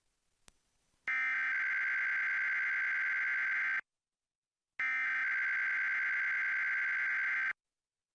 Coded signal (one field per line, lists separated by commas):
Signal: Emergency Alert System (SAME) tones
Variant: header bursts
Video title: Tests and warnings... (EAS Capture #65-75)